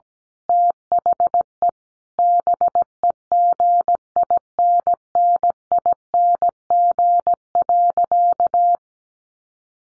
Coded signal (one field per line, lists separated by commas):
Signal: Morse code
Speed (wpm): 17 wpm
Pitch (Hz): 700 Hz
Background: none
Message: THE BEGINNING.